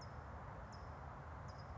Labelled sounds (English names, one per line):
California Towhee